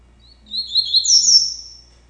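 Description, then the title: Double-collared seedeater singing a brief phrase of thin, high slurred notes ending in a long, high trill that fades out. "Canto Coleiro"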